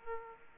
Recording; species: mosquito wingbeat signal from an infrared sensor; Aedes aegypti